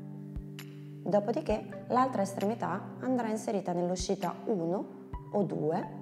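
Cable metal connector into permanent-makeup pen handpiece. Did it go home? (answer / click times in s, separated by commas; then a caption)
yes / 0.6 s. The metal end of a cable is pushed fully into the bottom of a permanent-makeup pen handpiece and seats with a sharp click at 0.6 s, just after a fainter tick at 0.4 s. Music plays throughout, and from about 1 s someone talks.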